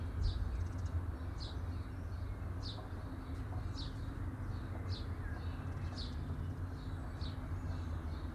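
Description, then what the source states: Bird chirping, clear high notes at roughly one-second intervals, a heavy low drone persisting behind them. Birds chirping at midday.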